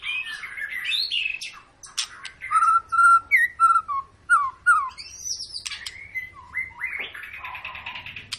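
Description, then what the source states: White-rumped shama song with a run of clear, evenly spaced whistled notes in the middle, framed by buzzy chatter and rising slurred phrases. Long lure song of a white-rumped shama in full, continuous song, used to make other birds sing.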